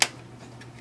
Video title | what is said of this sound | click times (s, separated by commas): Panasonic KX-MB2030 Unboxing - Pt. II | this moves very smoothly locks into place | 0.0 s